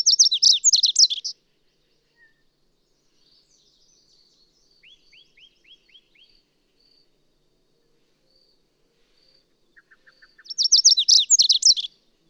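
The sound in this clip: Bird song: a loud, rapid high twittering phrase about a second long opens and closes the stretch, with faint soft notes and a short series of downslurred whistles between.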